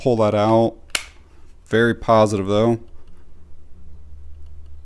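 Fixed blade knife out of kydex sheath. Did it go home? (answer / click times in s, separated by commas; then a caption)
released / 0.9 s. Someone talks as an Eafengrow EF165 full tang fixed blade knife with a DC53 steel blade and Micarta handle is pulled out of its kydex sheath using the thumb ramp. The retention releases with a single loud, sharp click at 0.95 s, a very positive release.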